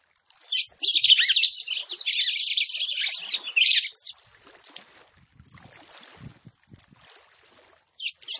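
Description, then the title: Red-cowled cardinal song: a rapid, dense warbled phrase of high twittering notes lasting about three seconds, a quiet gap with soft low clicks, then another brief burst. Female song, described as fiery and nervous. "CANTO DA FÊ MEA GALO CAMPINA FOGOSA LEVANTA FOGOESQUENTA GALO CAMPINA MACHO RAPIDINHO FÊ MEA NERVOSA"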